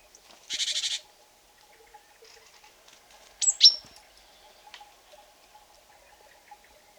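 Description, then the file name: Great tit calls: a short harsh churring burst, then a sharp high note and later a softer one, over a quiet background. "Parus major"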